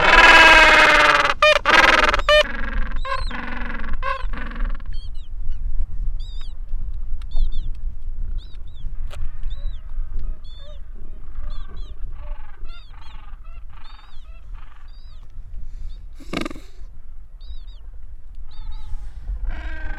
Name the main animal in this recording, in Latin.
Pygoscelis papua